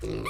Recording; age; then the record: pig call; weaner (32 to 43 days)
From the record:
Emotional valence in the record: negative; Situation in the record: short isolation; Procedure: open field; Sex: female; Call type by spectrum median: low-frequency call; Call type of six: mixed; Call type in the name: high-frequency modulated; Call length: 0.30 s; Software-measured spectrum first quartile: 264 Hz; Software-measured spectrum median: 581 Hz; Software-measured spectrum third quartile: 1895 Hz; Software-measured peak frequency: 363 Hz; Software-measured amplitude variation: 110 dB a second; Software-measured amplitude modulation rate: 26.7 a second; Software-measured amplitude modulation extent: 4.1 dB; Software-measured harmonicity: 2.0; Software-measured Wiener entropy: -2.82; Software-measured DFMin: 1018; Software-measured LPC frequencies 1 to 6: 382, 1146, 2223, 3483, 4141, 5521 Hz